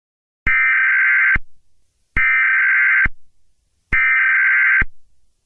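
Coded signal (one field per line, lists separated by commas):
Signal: Emergency Alert System (SAME) tones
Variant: header bursts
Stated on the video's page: Fictional analog horror EAS scenario, not a real alert.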